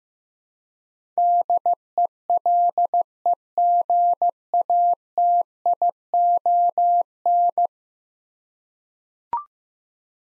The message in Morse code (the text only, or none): DELEGATION